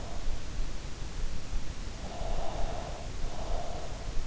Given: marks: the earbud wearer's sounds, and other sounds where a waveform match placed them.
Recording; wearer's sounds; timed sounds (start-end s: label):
sounds in sleep by an in-ear microphone; breath
1.66-3.83 s: breath